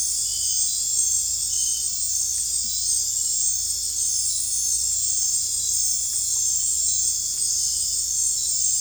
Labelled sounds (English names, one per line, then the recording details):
none
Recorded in dense forest near Puerto Asís, Putumayo, Colombia, on 16 December 2024 at 19:00
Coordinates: 0.466, -76.327
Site G075